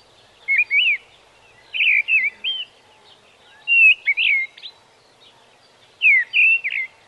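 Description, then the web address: Mistle thrush singing loud, clear whistled phrases of a few quick slurred notes, each phrase separated by brief pauses, with faint background noise. "bbc Bird Song Site Mistle Thrush - Grive"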